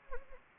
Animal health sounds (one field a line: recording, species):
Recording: mosquito wingbeat signal from an infrared sensor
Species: Anopheles gambiae